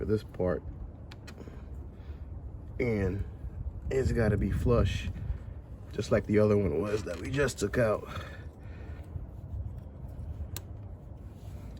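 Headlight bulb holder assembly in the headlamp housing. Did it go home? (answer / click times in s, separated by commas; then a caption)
yes / 10.6 s. Someone talks while a new headlight bulb holder assembly for a Mercedes-Benz is pushed down by hand, with no tools, into the headlamp housing until it sits flush like the old one that was removed. A sharp snap at 10.6 s marks the assembly seating in place.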